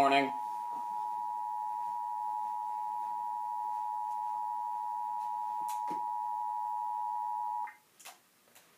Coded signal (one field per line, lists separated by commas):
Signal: Emergency Alert System (SAME) tones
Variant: 853 and 960 Hz attention tone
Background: speech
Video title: EAS 1699 PDS TOR NWS NORMAN